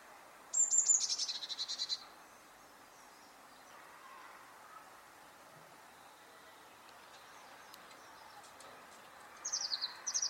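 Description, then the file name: Eurasian blue tit call: a thin high note slurring into a rapid buzzy churr, a long quiet gap, then the call starts again at the end. "Cyanistes caeruleus"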